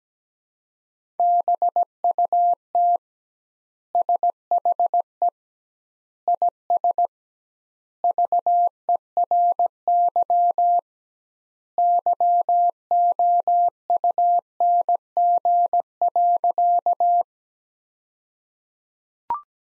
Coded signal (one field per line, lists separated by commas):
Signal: Morse code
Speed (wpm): 17 wpm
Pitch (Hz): 700 Hz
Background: none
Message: BUT SHE IS VERY YOUNG.